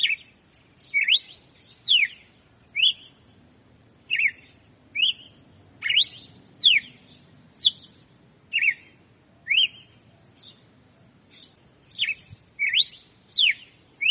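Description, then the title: Red-cowled cardinal song: a series of sharp whistled slurs, about one per second. Female; song style called "açoite compassado". "Canto Galo Campina Fêmea. Galo de Campina Açoite Compassado"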